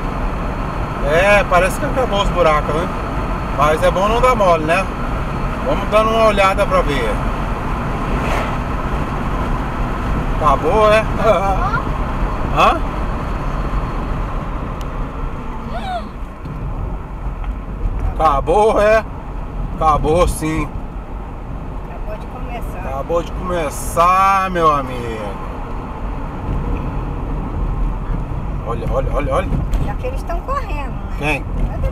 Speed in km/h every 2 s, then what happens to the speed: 89, 91, 92, 93, 93, 93, 92, 69, 47, 50, 53, 56, 61, 59, 48, 44.
0-12 steady at about 92. 12-16 brakes to 47. 16-26 speeds up to 59. 26-29 brakes to 44.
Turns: none.